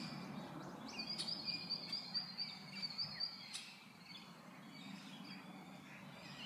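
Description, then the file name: Bird chirps, a quick run of short high notes for about two seconds, then faint scattered calls over a low steady hum. "Tweets"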